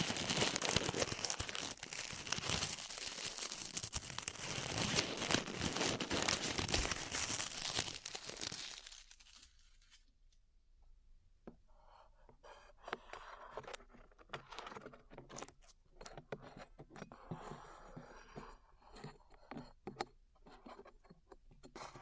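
Glue being peeled off ears makes a dense, loud, crackling tear that fills the first nine seconds without letting up. After that it drops much quieter into sparse sticky clicks, small crinkles and soft pops, scattered unevenly through to the end.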